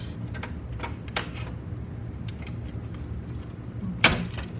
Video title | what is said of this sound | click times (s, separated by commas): Sony TC-WR701ES Belt Replacement Part 1 | it snapped into place satisfyingly | 4.0 s